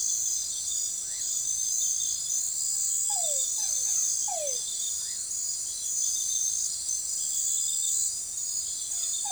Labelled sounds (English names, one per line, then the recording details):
none
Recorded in forest near Pivijay, Magdalena, Colombia, on 16 April 2023 at 22:00
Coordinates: 10.467, -74.380
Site Z5-G034